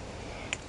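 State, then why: Seated. A built-in metal pot stand is pressed onto a sheet-metal alcohol burner made from cheese cans. A low steady background runs until a single sharp, bright tick at 0.5 s, after which the stand sits snapped in place on the burner.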